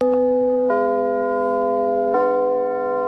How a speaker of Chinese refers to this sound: 每当首都剧场的启幕钟声敲响，戏剧的神圣感就会充满舞台。